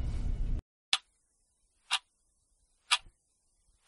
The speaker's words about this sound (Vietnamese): Tiếng kêu tích tắc từ chiếc đồng hồ ngoài nhà điểm từng giây trôi qua một cách nặng nề hết sức.